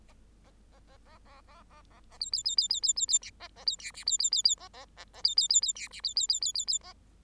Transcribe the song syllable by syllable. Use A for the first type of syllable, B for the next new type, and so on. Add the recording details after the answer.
A A A A A A A A A A B B B B B B B B C A A B D C B B B B A A A A B B B B D C B B B B B B A. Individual Bird8